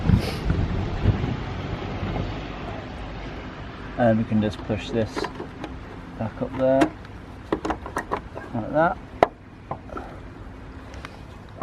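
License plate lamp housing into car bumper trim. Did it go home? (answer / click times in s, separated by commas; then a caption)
yes / 9.2 s. After an LED bulb is fitted, the plastic license plate lamp housing of a BMW is pushed back up into its opening in the bumper trim while someone talks. Its clip catches with a sharp snap at 9.2 s, and the housing is seated.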